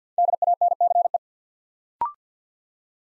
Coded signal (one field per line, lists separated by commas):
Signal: Morse code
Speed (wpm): 50 wpm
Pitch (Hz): 700 Hz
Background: none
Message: DANCE